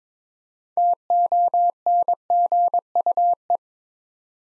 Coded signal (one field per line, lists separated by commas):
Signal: Morse code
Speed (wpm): 22 wpm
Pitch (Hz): 700 Hz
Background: none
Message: TONGUE